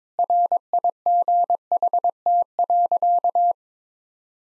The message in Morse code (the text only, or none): RIGHT.